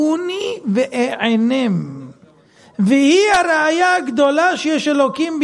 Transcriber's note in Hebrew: none